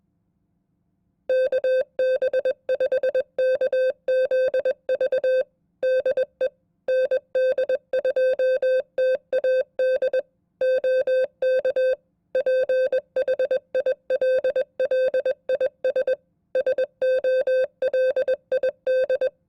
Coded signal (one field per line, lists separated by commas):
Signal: Morse code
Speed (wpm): 21 wpm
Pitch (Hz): 520 Hz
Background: music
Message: KB5KZV DE ND2TAD OK PHILLIS SOLID